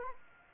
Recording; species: mosquito wingbeat signal from an infrared sensor; Anopheles arabiensis